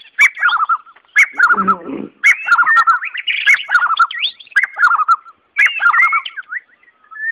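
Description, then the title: White-rumped Shama song: short whistled phrases stepping downward, repeated several times, with a brief harsh rasping burst early on. "murai batu"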